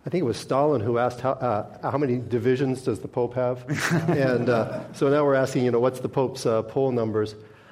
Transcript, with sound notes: I think it was Stalin who asked how many divisions does the Pope have.
[Laughs]
And so now we’re asking what’s the Pope’s poll numbers.